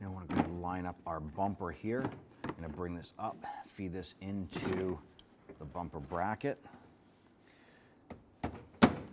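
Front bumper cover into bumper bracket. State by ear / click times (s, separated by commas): seated / 8.8 s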